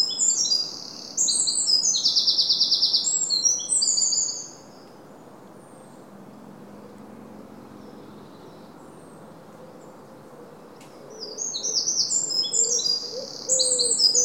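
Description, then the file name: Eurasian wren song, a rapid high trilling phrase at the start, then several seconds of near silence before another burst of fast, piercing notes. "Troglodytes troglodytes"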